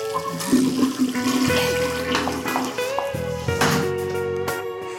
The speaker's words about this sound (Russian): Я на пляже. Море, шум воды.